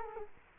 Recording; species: mosquito wingbeat signal from an infrared sensor; Culex quinquefasciatus